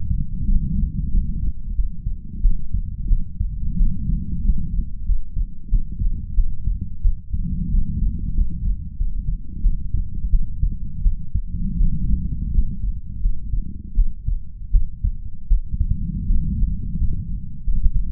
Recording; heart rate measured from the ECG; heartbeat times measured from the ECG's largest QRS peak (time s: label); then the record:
heart sounds by stethoscope; 87 bpm
0.44 s: heartbeat
1.09 s: heartbeat
1.73 s: heartbeat
2.40 s: heartbeat
3.07 s: heartbeat
3.75 s: heartbeat
4.40 s: heartbeat
5.03 s: heartbeat
5.68 s: heartbeat
6.33 s: heartbeat
7.00 s: heartbeat
7.68 s: heartbeat
8.32 s: heartbeat
8.95 s: heartbeat
9.60 s: heartbeat
10.29 s: heartbeat
11.01 s: heartbeat
11.75 s: heartbeat
12.50 s: heartbeat
13.19 s: heartbeat
13.93 s: heartbeat
14.70 s: heartbeat
15.47 s: heartbeat
16.24 s: heartbeat
16.95 s: heartbeat
17.62 s: heartbeat
From the record:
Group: healthy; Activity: rest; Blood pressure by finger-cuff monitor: 99/59 mmHg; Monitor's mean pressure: 74 mmHg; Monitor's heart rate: 88 bpm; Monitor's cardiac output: 7.3 L/min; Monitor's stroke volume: 82 mL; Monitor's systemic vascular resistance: 730 dyn s/cm5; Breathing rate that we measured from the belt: 15 breaths a minute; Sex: female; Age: 26 years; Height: 165 cm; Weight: 55 kg